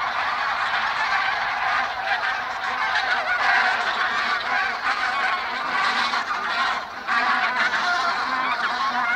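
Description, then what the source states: Bean Goose flight calls from a flock, steady overlapping cackles and honks forming a babbling chorus, briefly dipping near seven seconds before resuming. Flocks in flight give an indistinct cackling or babbling.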